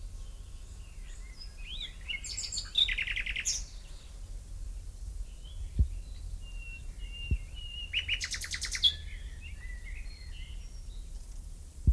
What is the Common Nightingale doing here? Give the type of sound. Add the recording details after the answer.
song. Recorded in the wild. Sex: male. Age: adult. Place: Lübars, Berlin, DE. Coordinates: 52.6172, 13.3619. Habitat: wood. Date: 2007-05-04 13:45. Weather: sunny, 23°C. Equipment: Sony WM-D6C, Sennheiser ME 80, Kopie Uher 4000 Report Monitor. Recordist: Tembrock, Günter